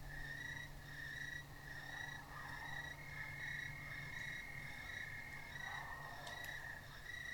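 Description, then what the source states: Crickets give high, even chirps in a repeated pulsing rhythm over a faint low hum. Crickets in a country field at night.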